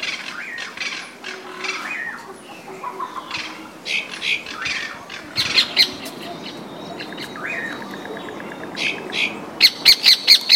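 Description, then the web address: Birds calling over a hissy background: mixed chirps and slurred notes, then a thin high whistle and a final burst of bright repeated chirps. "os passaros"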